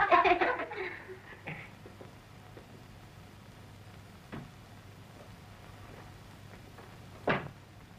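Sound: door being closed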